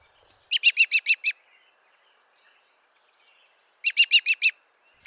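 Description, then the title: American robin: songbird giving two short bursts of five or six rapid, bright chirped notes, the bursts separated by a few seconds of quiet. "The Robin Rescue"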